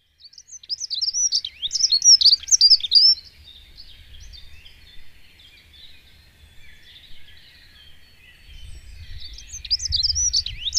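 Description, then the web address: Dunnock song: a fast, high, scratchy warble for about two and a half seconds, a quiet pause, then the jumbled twittering starts again near the end. "agykontroll Madardalok Cd 1. Erdei szürkebegy"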